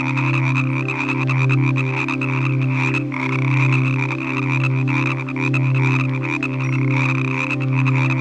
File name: Nature Collection - Croak Frog Calls (Zvyki com)